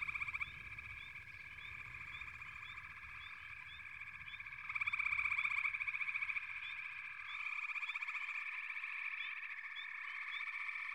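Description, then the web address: Frog chorus of overlapping rapid trills and quick rising chirps, swelling louder midway, over a low rumble that fades out partway through. "The Natural Sounds of the Wilderness 10 CDs collection Echoes of Nature - Sampler 08 Frog Chorus"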